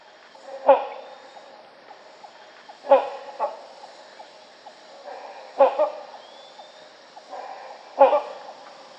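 Rhinoceros hornbill calls: loud, harsh honking notes, each with a quick softer echo-like follow-up, repeated about every two to three seconds, four times in all.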